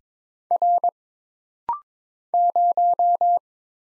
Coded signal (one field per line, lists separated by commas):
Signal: Morse code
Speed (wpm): 22 wpm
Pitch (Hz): 700 Hz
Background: none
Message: R 0